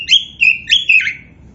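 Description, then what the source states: Oriental magpie-robin giving a short phrase of clear, ringing whistled notes that slur downward at the end. Kacer poci variety, described as gacor (singing vigorously).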